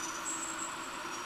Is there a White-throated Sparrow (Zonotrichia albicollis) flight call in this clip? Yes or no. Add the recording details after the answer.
no. No flight call is heard. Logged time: 05:29 on 18 September 2014